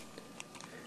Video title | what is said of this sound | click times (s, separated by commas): How to wire an RJ45 | snap it in like this see how it goes right in just like that snaps right in looks good | 0.4 s